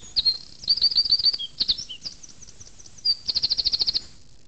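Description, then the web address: Eurasian wren song: fast, high, loud trills and sharp chirps in rapid bursts, ending with an evenly pulsed run of about ten ringing notes. "zvuky strizlik"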